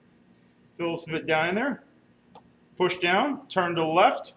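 An impact screwdriver bit sits in a Phillips screw head while the tool is pressed down and twisted to the left to set its mechanism before striking. Someone talks throughout, with a faint short tick at about 2.4 s between phrases. Nothing has seated or clicked yet.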